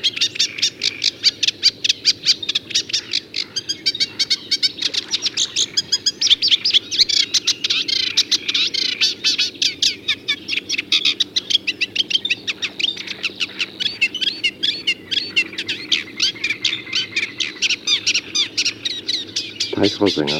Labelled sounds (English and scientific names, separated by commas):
Eurasian Reed Warbler (Acrocephalus scirpaceus) song